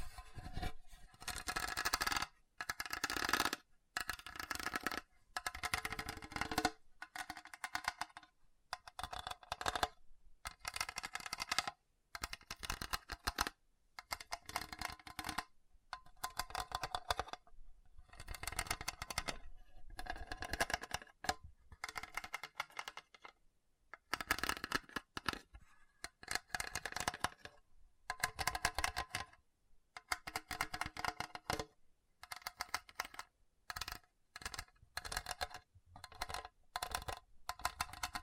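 Hard, bumpy surface being scratched in rapid, ragged strokes that rattle and click like typing. Bursts of bright, gritty scraping run for a second or two, broken by short silences, and keep going unevenly for the whole 38 seconds.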